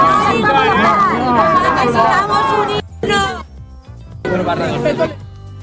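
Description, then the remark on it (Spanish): A crowd shouts outside the Cathedral of Valencia, voicing complaints against Pedro Sánchez and Carlos Mazón; many raised voices overlap in a loud, continuous din that breaks off briefly twice before surging again. “Ahí alcanzamos a escuchar precisamente los gritos.”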